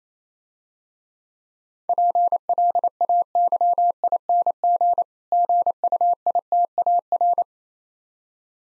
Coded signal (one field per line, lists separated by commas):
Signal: Morse code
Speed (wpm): 27 wpm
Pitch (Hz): 700 Hz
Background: none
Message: PLAYING GUITAR